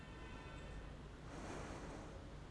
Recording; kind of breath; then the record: one breath in and out by a microphone near the nose and mouth; normal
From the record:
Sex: female